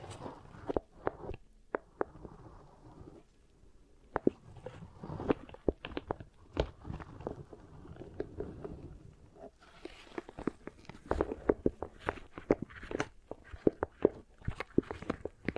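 Beeswax is worked and pressed, giving a dense run of sticky clicks, crackles and soft squishes that come several times a second throughout. Sharp taps stand out every second or so, some brighter and louder, over a low, muffled rumble.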